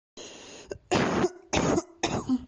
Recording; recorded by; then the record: voluntary cough; messaging app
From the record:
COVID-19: negative